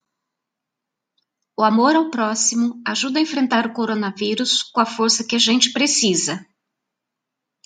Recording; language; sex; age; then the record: spoken sentence; Brazilian Portuguese; female; 50 to 59 years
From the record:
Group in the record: control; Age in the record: 56 years